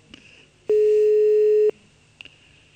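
A telephone line tone sounds once while a call is being placed live on air, a steady, loud, low-pitched beep lasting about a second, with faint clicks on the line before and after and no talking.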